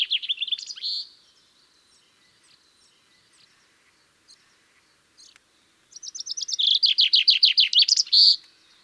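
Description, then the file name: Common chaffinch song: a bright, accelerating trill of descending notes ending in a flourish. One song is cut short at the start, followed by a quiet gap and then a full song. "Fringilla coelebs"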